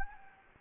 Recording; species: mosquito wingbeat signal from an infrared sensor; Anopheles gambiae